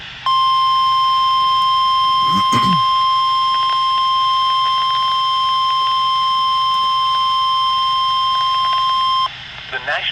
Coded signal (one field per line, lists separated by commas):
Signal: Emergency Alert System (SAME) tones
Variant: 1050 Hz attention tone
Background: speech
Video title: 7/6/20 - Severe Thunderstorm Warning for MY COUNTY! (EAS #1,797)